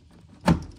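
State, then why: Seated. The exhaust hose end of a Hisense portable air conditioner is slid through the opening in the window kit panel and locks into its socket. A single sharp click is heard at 0.5 seconds, followed by a short rattling decay, as the hose adapter seats firmly in the panel.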